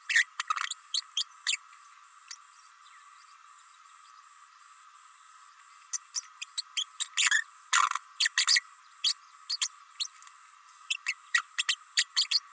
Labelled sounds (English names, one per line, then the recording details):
Green-rumped Parrotlet babbling
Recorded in a nest box in Venezuela
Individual 18B104A5